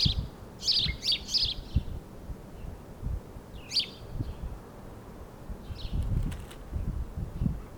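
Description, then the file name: House sparrow: a quick run of harsh chirps, then a single chirp, with low thumping and rustling noises underneath. "Passer domesticus"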